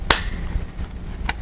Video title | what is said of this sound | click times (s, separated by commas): Compotia A+ - 801 - exam - module 1.3 - 1 RAM [random access memory] | it really just slides into the computer bored into the slots and just locks into place with the latches on either side | 0.1 s, 1.3 s